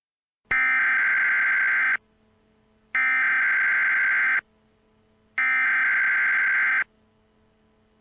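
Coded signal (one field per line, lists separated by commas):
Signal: Emergency Alert System (SAME) tones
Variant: header bursts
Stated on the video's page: Mock compilation built from real tornado warning and emergency EAS alerts with valid tones.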